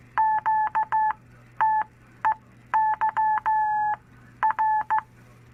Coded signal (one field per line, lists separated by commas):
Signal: Morse code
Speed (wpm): 15 wpm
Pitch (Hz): 870 Hz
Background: none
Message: QTEYR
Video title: Long Island CW Club presents to HCRC 1 18 2022